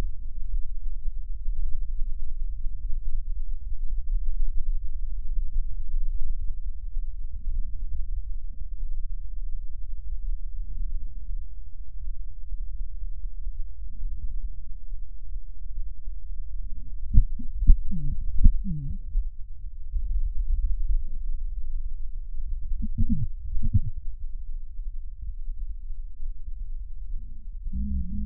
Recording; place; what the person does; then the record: lung sounds by stethoscope; left posterior apical chest; quiet breathing, then cough and speech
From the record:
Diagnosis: COPD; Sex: female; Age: 72 years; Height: 156 cm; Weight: 72 kg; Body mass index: 29.6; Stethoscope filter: bell mode